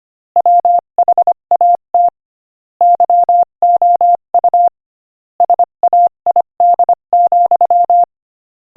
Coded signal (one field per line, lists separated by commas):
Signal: Morse code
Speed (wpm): 24 wpm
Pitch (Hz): 700 Hz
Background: none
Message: WHAT YOU SAID,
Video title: Morse Code Practice: 25 wpm Inspirational Quote 22